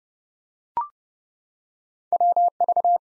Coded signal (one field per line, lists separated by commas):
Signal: Morse code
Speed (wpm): 31 wpm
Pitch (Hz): 700 Hz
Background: none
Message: WV